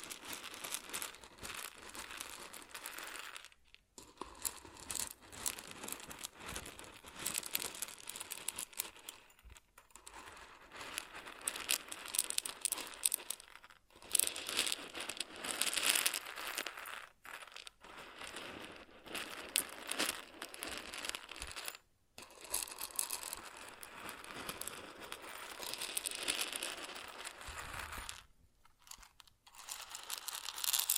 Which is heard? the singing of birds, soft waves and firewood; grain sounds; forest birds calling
grain sounds